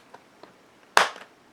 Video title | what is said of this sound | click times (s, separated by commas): Dye i5 Mask | there you go you hear that click that means I've just pushed it in and it's in the back of the lens | 1.0 s